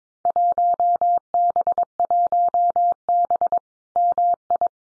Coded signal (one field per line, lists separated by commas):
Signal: Morse code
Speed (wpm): 22 wpm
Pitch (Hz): 700 Hz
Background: none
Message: 1B1B MI